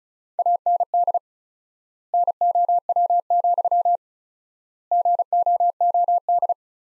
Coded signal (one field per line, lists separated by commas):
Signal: Morse code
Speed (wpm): 36 wpm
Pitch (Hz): 700 Hz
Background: none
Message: AND NOW, GOOD